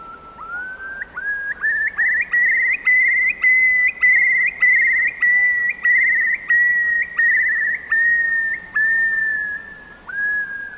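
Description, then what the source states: Eurasian curlew song: a long series of rising whistled notes running into bubbling trills, repeated at a steady pace, then falling in pitch and fading near the end. Song of the curlew, distinct from its call, a sound of the bogs and the uplands.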